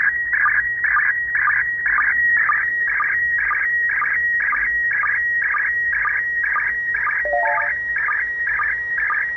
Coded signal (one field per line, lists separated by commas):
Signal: SSTV (slow-scan television)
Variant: PD 120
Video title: SSTV image Decoding Intetnational Space Station